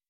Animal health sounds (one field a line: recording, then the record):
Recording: hydrophone in a shrimp aquaculture tank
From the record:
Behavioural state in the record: weakened